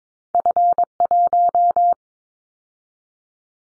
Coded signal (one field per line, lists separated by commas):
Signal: Morse code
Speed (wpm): 22 wpm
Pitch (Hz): 700 Hz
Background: none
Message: F1